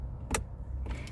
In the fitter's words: make sure when you're plugging connectors back in you push them fully in until they click